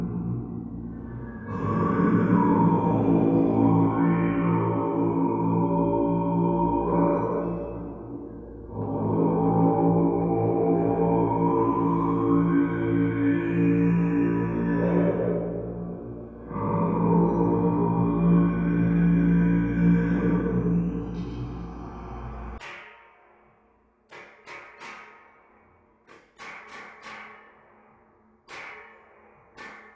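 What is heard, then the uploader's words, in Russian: A power station chimney gives three long, loud droning howls that swell and bend in pitch, then cuts off abruptly, leaving scattered clicks and knocks. Dec0rec0 - Truba sound. Новосибирская труба тэц-5.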